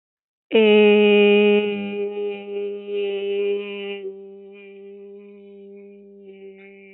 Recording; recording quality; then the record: sustained vowel as in made; excellent, no background noise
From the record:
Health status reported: healthy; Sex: female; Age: 25 years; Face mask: not worn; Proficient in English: yes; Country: India